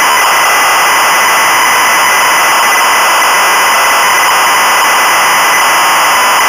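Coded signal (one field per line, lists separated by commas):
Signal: ZX Spectrum tape loading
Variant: Sinclair ZX Spectrum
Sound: continuous harsh buzzing screech of cassette data, no lead tone or pauses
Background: tape hiss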